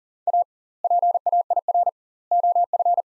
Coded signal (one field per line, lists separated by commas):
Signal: Morse code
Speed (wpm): 39 wpm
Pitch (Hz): 700 Hz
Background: none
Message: A PAIR OF